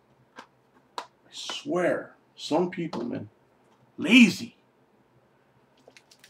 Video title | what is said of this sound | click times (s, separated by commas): GUESS WHO'S BACK...I MEAN BACK BACK.... | this part the little fastener isn't broken you put that disc in there and it snaps right in look huh | 1.0 s